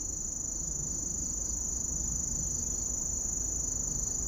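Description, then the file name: Grass lark cricket song: a bright, continuous high trill that never pauses, over soft low background noise. "kusahibari"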